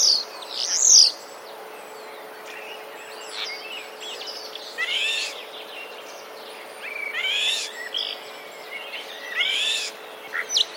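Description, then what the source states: Common starling song in scattered short bursts of buzzy, rattling notes and thin whistles, separated by quiet gaps, with a steady faint hum throughout. Song of common starlings with borrowed imitations of sparrows; recorded 16 March 2024.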